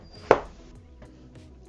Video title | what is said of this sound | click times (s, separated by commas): Louis Vuitton Train Case Restoration Journey / LV Repair Center Unboxing | Okay, there, I just locked it. | 0.3 s